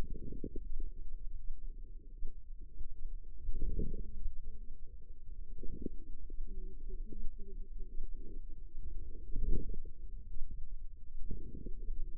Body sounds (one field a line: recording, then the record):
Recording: forearm muscle sounds (acoustic myography)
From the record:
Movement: wrist flexion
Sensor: system 2, bracelet of six BSWA MPA416 microphones around the upper forearm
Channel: 2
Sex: female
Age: 25 years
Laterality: right